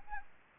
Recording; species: mosquito wingbeat signal from an infrared sensor; Anopheles arabiensis